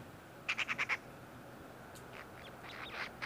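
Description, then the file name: Eurasian magpie giving a quick rattle of five harsh notes, followed by fainter scratchy calls. "Pica pica"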